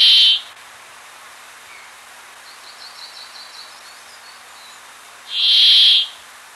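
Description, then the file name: Brambling calls: two loud, nasal, buzzy notes several seconds apart, with faint high twittering between them. Recorded 29 May 1993. "29 05 93 Fmontifringilla"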